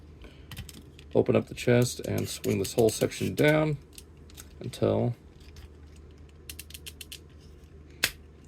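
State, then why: Seated. The chest of a plastic transforming robot toy is opened and a whole section is swung down into the robot body while someone talks. Light clicks and ratcheting sounds are heard early and again around 6.5–7.1 s. A sharp, loud click at 8.0 s marks the chest section locking into place.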